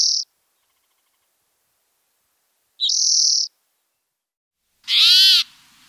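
Spotted towhee calls: a buzzy, high, steady note cut off at the start, another about three seconds later, then a harsh nasal mewing note with rich overtones; otherwise silent.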